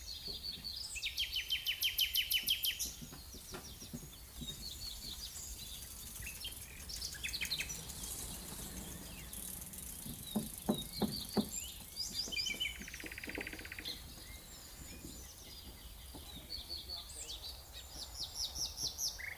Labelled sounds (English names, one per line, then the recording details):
Common Nightingale song
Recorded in the wild
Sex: male
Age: adult
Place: Lübars (Fließtal), Berlin, DE
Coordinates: 52.6167, 13.35
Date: 2005-05-01 12:58
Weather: sunny, 22°C
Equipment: Sony WM-D6C, Sony ECM-MS 907, Kopie Uher 4000 Report Monitor
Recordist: Tembrock, Günter